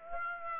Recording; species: mosquito wingbeat signal from an infrared sensor; Aedes aegypti